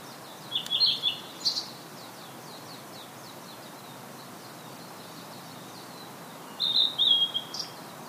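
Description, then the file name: Blue-and-white flycatcher singing two warbled whistled phrases, one at the start and one near the end, while a faint series of rapid high chirps runs between them. "oruri"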